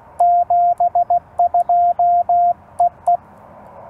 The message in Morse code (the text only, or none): 72EE